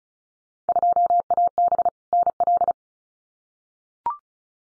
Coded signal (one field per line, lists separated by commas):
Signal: Morse code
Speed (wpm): 34 wpm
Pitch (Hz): 700 Hz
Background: none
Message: 2AB NL